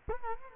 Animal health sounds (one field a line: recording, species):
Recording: mosquito wingbeat signal from an infrared sensor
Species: Culex quinquefasciatus